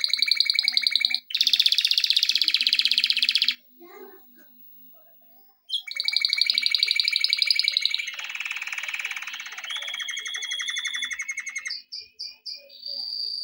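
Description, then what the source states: Canary song with dense rapid trills, a brief gap, then varied rolling tours and short whistled notes at the end. Canary song intended for training.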